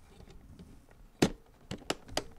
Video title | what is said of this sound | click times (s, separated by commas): HOW TO INSTALL RGB HEAT SINK ON RAM AND INSTALL THE RAM ON A MOTHERBOARD | you hear them click these two are kind of janky so | 1.2 s, 1.9 s, 2.2 s